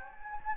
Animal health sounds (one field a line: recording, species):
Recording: mosquito wingbeat signal from an infrared sensor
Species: Anopheles gambiae